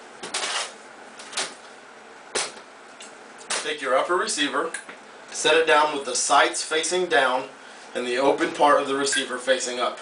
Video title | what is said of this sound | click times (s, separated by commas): Week 4 Instructional Video - Intro to DCBS | feed it all the way in and press it till it locks in place | 0.3 s